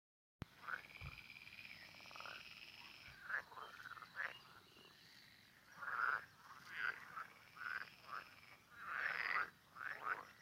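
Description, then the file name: Frogs croaking in short bursts, several calls overlapping, with louder choruses around six and nine seconds and a faint steady hiss behind. "zaby"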